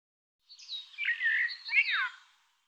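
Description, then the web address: Bird song in one continuous warbling phrase of chirpy, sliding notes lasting about two seconds. "cianscape birddata Deverinetal 2025 Bird Tu Me Tu Me"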